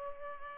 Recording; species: mosquito wingbeat signal from an infrared sensor; Culex pipiens